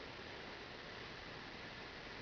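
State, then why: Not seated. With both valves open, the top assembly of a flow-meter hot tap is held firmly against the pipe valve fittings while it is pushed down onto the valve bodies. Only a steady, broadband hiss is heard, like rushing water, with no distinct impacts. Nothing has seated or clicked yet.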